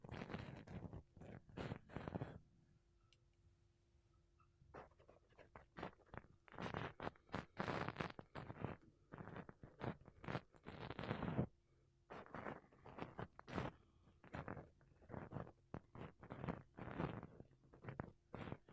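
Makeup brushes and a sponge brush across a mic in dense bursts of soft scratchy swishes, pausing briefly near 3 and 12 seconds.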